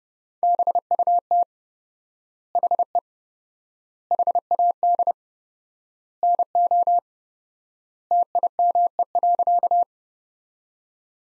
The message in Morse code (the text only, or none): BUT HE HAD NO TIME.